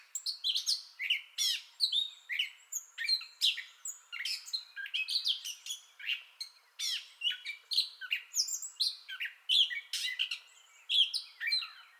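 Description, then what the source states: Gray catbird song, a continuous rambling medley of short scratchy, chirping and mewing notes, one phrase after another. Entire song bout, 30 May 2021.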